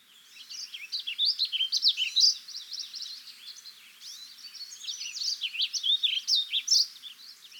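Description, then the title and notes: Warbling Vireo singing a fast, burbling warble of slurred high notes, with two loud flourishes separated by a softer, quieter stretch. Song recorded in Montana, USA. "El canto del vireo gorjeador que acompaña este podcast grabé yo en el Estado de Montana, EE.UU."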